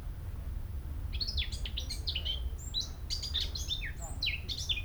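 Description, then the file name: Eurasian blackcap warbling song, a continuous run of quick, varied chirping notes over a steady low rumble. "Sylvia atricapilla"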